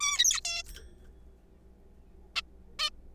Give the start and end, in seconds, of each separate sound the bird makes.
0.01-0.41, 0.45-0.63, 2.36-2.42, 2.79-2.89